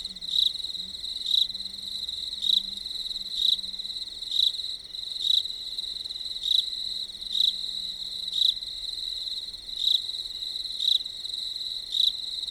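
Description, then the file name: Crickets chirping with a steady high trill, bursts pulsing about once a second over a continuous background chorus, with a faint low hum at times. Marloth Park. "Merlothpark Crickets"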